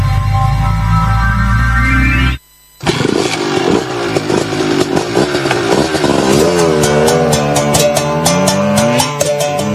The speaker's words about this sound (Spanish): Que va en motocicleta, ningún carro lo respeta, y autobús mejor ni hablar.